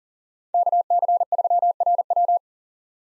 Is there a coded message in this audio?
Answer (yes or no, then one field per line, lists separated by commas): yes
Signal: Morse code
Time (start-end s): 0.5-2.4 s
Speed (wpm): 40 wpm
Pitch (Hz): 700 Hz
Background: none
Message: KC3RW